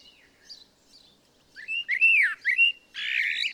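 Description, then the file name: Common blackbird song: faint high notes, then a loud fluty warbled phrase sliding around mid pitch, ending in a harsher, squeaky twitter. "Turdus merula"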